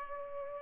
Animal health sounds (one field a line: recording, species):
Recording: mosquito wingbeat signal from an infrared sensor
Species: Culex pipiens